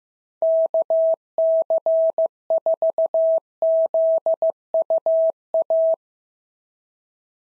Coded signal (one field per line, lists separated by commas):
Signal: Morse code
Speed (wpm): 15 wpm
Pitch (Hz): 650 Hz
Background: none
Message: KC4ZUA